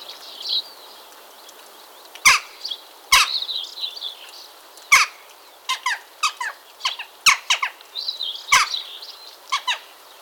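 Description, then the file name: Western jackdaw uttering clipped, metallic chak calls in irregular bursts, some single, some in quick runs of three or four, over faint high twittering. "choucasdestours"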